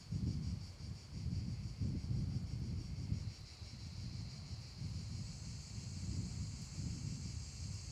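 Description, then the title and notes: Continuous high-pitched cicada buzz with a fine pulsing texture, partly masked by loud, surging wind gusts throughout. In an abandoned Padula stone quarry, with wind; Zoom H6 recorder with MS capsule. "Cava abbandonata - Vento, cicale e campane nella cava. Cava abbandonata della pietra di Padula"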